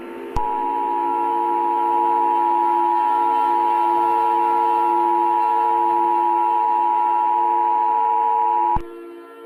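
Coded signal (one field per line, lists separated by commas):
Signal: Emergency Alert System (SAME) tones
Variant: 853 and 960 Hz attention tone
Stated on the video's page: Fictional Emergency Alert System scenario, not a real alert.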